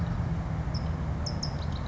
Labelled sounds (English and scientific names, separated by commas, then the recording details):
California Towhee (Melozone crissalis)
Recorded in Sonoma County, California